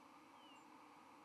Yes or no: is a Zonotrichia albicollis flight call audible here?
no